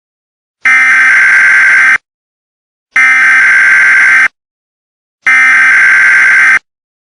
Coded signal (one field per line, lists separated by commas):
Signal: Emergency Alert System (SAME) tones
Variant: header bursts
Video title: The H5N1 Influenza Virus Pandemic An EAS Scenario #easscenario #influenza